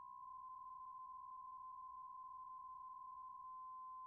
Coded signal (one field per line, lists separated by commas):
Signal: PSK63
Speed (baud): 62.5 baud